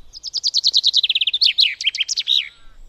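Common chaffinch song: a fast, even trill of sharp notes that drops in pitch and ends with a lively flourish and a final falling note.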